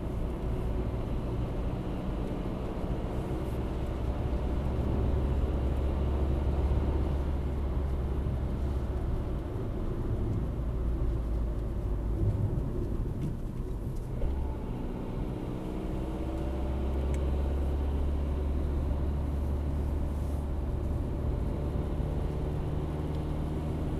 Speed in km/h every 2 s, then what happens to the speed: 59, 62, 66, 70, 64, 55, 48, 43, 42, 55, 55, 60.
0-5 speeds up to 70. 7-13 brakes to 43. 15-24 speeds up to 60.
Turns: none.